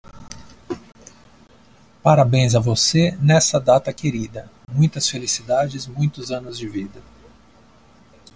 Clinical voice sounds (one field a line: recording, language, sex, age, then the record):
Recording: short text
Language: Brazilian Portuguese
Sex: male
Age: 30 to 39 years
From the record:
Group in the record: control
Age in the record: 39 years